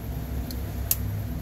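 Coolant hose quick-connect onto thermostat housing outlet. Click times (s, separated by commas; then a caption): 0.9 s. A coolant hose with a lubricated o-ring is pushed onto the thermostat housing outlet of a GM 1.4L Chevy Cruze over a low steady hum. A faint tick comes at 0.5 s, then a sharp click at 0.9 s as the hose's recessed retaining clip snaps into place. The hose is seated.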